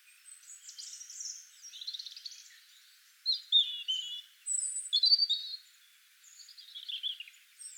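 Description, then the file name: European robin song, a run of high, thin warbled phrases with trills and quick slurred notes, broken by short pauses. "Erithacus rubecula"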